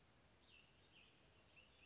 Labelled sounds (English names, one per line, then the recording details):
Cassin's Vireo
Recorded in Sonoma County, California